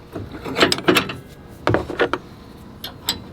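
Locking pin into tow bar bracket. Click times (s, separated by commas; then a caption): 1.7 s. A locking pin is pushed into the tow bar bracket of a Roadmaster Nighthawk tow bar on an RV-to-Jeep hitch. Metallic rattles and clatters come first, then a sharp click at 1.7 s, followed by a few more clicks and a last tap near 3.1 s. The pin clicks in on both sides and is seated, locked into place.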